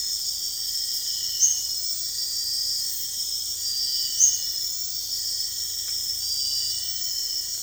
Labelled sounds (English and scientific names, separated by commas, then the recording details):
none
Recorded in dense forest near Puerto Asís, Putumayo, Colombia, on 18 February 2024 at 03:00
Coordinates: 0.485, -76.322
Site G6406